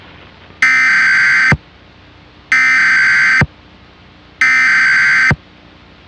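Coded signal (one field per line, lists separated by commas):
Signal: Emergency Alert System (SAME) tones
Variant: header bursts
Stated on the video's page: Mock alert, not real, containing valid tones.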